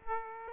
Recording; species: mosquito wingbeat signal from an infrared sensor; Aedes aegypti